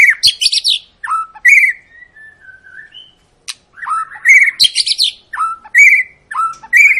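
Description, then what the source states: White-rumped shama song of rich mixed phrases: buzzy high notes alternating with clear mid-pitched whistles, a long falling whistle and a few sharp clicks. Long lure recording of actively singing white-rumped shama, played to make other birds sing.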